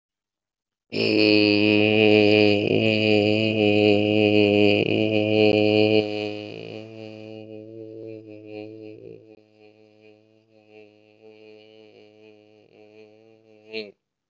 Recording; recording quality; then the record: sustained vowel as in made; excellent, no background noise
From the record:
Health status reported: healthy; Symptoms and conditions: none ticked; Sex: male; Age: 26 years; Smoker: not ticked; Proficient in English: yes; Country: India